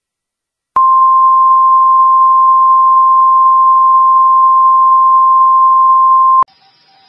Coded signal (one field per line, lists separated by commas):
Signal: Emergency Alert System (SAME) tones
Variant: 1050 Hz attention tone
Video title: EAS MOCK #5- High Wind Warning/Fire Message